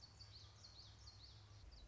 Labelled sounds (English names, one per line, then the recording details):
Common Yellowthroat
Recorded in Sonoma County, California